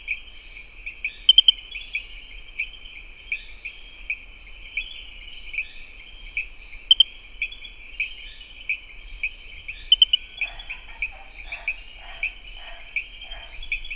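Pristimantis espedeus: rain frog calling in short bursts of three high, sharp clicks, repeated three times, over a constant shrill insect chorus with a low rattling sound near the end.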